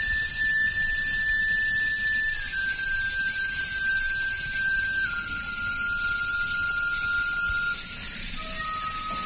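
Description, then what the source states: Continuous shrill cicada drone, while long flute notes glide and step downward in pitch across the passage. Recorded together with a shakuhachi flute.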